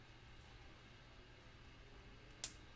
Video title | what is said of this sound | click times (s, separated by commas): LIVE: Hot toys Bane 1/6 scale figure | you hear that snap? | 2.4 s